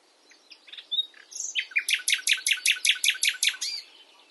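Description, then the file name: Common nightingale song, a few soft whistled notes leading into a loud, evenly spaced series of about a dozen sharp repeated notes. "Luscinia megarhynchos"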